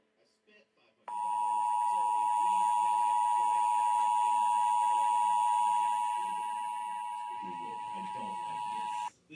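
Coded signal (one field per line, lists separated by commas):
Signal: Emergency Alert System (SAME) tones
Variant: 853 and 960 Hz attention tone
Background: speech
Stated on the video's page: Fictional EAS scenario, simulated alert tones.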